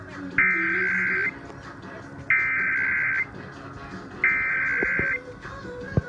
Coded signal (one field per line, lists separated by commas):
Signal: Emergency Alert System (SAME) tones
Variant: header bursts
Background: speech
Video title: National Periodic Test EAS #33